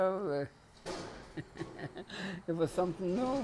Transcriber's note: chuckles